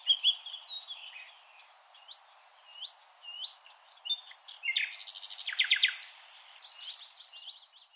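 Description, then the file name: Common nightingale song of spaced upslurred whistled notes, then fast buzzy trilled series and repeated sharp notes toward the end. "Luscinia megarhynchos"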